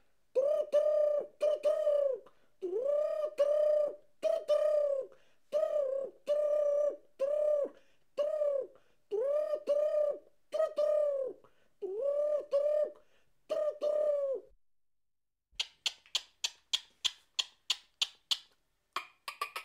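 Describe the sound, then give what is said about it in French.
A turtle dove coos over and over in a steady, rhythmic series of low, purring notes with harmonics, followed near the end by a quick run of sharp, dry clicks. “La tourterelle est...”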